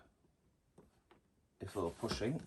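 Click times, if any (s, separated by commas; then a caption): none. The hose end is lined up with the hose socket on a pastel blue Sebo E3 Premium cylinder vacuum before being pushed in, with faint soft taps near 0.8 s and 1.1 s. From about 1.6 s someone talks. Nothing has seated or clicked yet.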